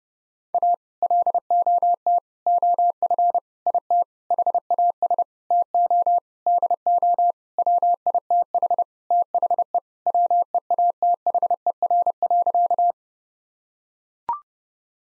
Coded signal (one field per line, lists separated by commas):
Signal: Morse code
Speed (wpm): 30 wpm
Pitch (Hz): 700 Hz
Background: none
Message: A LOT OF IT HAS TO DO WITH THE WEATHER.